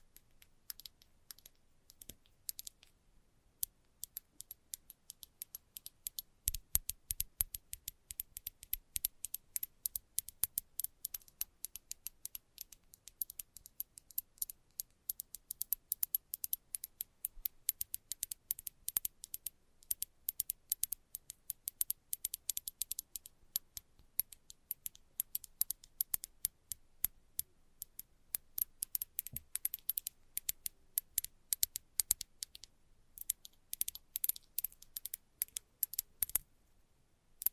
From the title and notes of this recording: ASMR Fast But Light Tapping For Sleep And Relaxation（No Talking）.